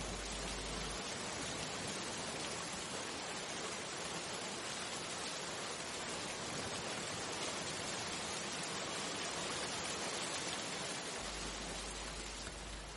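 Steady, dense rain hisses evenly at nightfall over a village long parched by drought, a constant wash of sound with no talking, while a low rumble of thunder sits underneath at the very beginning and again near the end.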